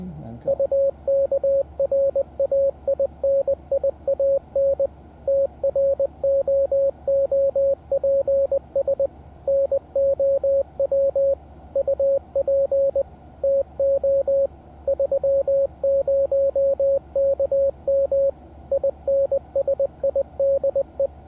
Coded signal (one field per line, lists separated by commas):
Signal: Morse code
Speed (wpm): 20 wpm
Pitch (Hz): 550 Hz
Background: radio noise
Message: UKRAINIAN TROOPS NOW UP TO 30KM INSIDE